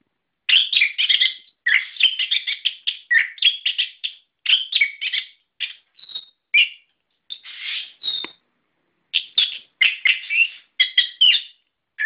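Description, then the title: Bird chirping in quick bursts of sharp, varied tweets and trills, with short pauses between phrases. "SuaraBurung Kicau"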